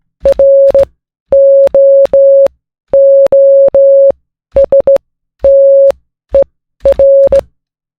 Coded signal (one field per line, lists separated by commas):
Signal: Morse code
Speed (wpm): 17 wpm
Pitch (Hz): 550 Hz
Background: none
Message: ROOSTER